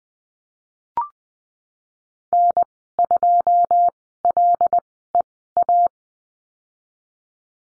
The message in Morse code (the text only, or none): N2LEA